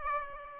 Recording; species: mosquito wingbeat signal from an infrared sensor; Aedes aegypti